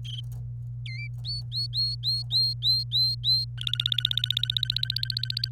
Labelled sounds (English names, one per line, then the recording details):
Domestic Canary song
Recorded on 27 April 2018 at 09:03
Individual llb3